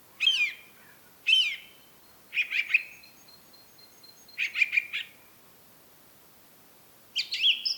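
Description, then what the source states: Song thrush singing phrases in repeated sets: two loud slurred notes, then a stuttering triple phrase given twice, before a final high twittering burst. Recorded at Rambjøra on 30 March 2023 with a Zoom recorder.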